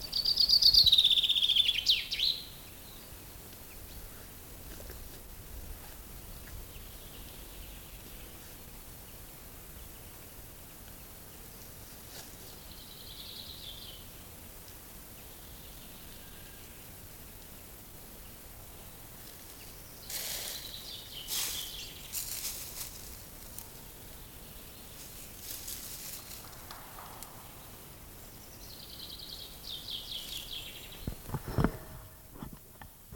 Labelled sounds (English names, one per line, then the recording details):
Common Chaffinch
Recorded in the wild
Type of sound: twittering, call sequence
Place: Liebenthal, Schorfheide, Brandenburg, DE
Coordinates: 52.92, 13.46
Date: 1996-04-07 18:32
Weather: heiter, 15°C, z.T. windig
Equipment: Nagra SN, Sennheiser MKH 416 T, Kopie Uher 4000 Report Monitor
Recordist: Tembrock, Günter
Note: Am Pinnowsee: eine Strophe